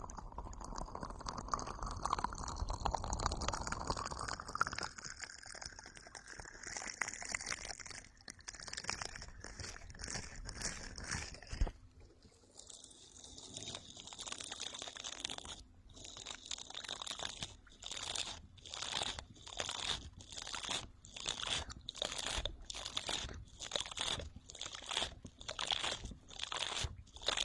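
A rain stick and a face-washing brush. For the first twelve seconds a dense, rushing trickle pours and slowly rises in pitch, then stops. After that come regular, crisp scratchy brush strokes, roughly one or two per second, bright and crunchy, continuing to the end.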